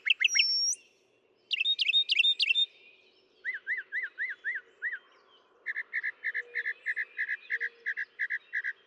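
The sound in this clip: Northern mockingbird song: a whistled opening, a burst of quick chattering notes, several arched chirps, then a long series of short repeated notes.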